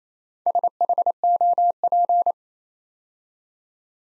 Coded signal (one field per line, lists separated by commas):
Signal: Morse code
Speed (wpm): 29 wpm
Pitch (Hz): 700 Hz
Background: none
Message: SHOP